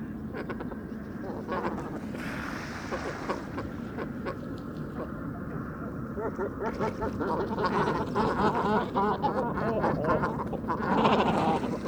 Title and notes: Dortoir de Grands cormorans. 04 janvier 2020-Bord du Vaccarès - Camargue